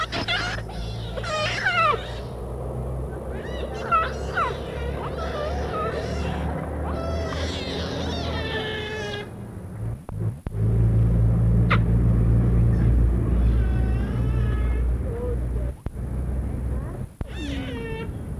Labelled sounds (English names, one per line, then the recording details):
Giant Otter call
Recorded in captivity
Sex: pair
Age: adult
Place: Tierpark Carl Hagenbeck, Hamburg, DE
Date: 1961
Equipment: Minifon, Kopie Smaragd
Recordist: Tembrock, Günter